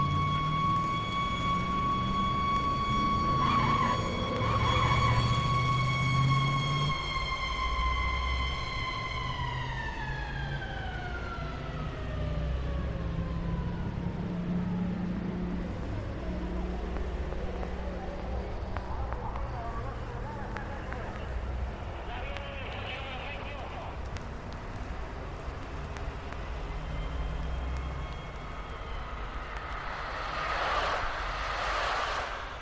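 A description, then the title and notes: Street traffic rumbles steadily throughout, low and dense, with engines passing. A siren-like tone holds high and steady for the first nine seconds, then slides downward and fades by about fifteen seconds. Voices and a brighter burst of engine noise appear near the end. Automobiles, trucks, construction equipment, mopeds and motorcycles, buses, street sounds and a variety of police and ambulance sirens.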